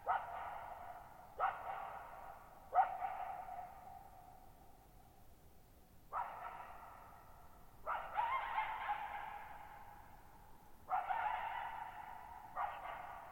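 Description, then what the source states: Coyote giving a series of sharp barks at irregular intervals, each trailing off in a long echo over near silence. Lone coyote at night, July 14, 2019, at Thirtymile Meadows, Okanogan National Forest, Okanogan High Country, Pacific Northwest, 6400 ft, in a bowl-shaped meadow over boggy ground.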